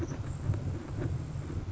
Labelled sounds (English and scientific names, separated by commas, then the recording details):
Grasshopper Sparrow (Ammodramus savannarum)
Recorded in Sonoma County, California